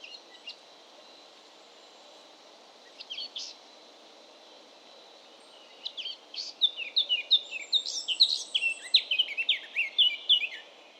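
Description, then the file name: Eurasian blackcap: near silence broken by brief notes, then a lively warble of fluty whistles begins and continues loudly to the end. "baratposzata hangja"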